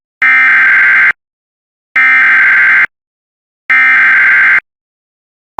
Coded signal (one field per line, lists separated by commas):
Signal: Emergency Alert System (SAME) tones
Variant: header bursts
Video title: 15x header on WJON (EAS #211-225)